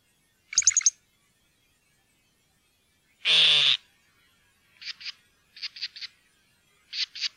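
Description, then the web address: Great grey shrike giving harsh calls: a rapid rattling burst, one long grating screech, then a few short chattering bursts of two or three notes. "fuglelyder- varsler"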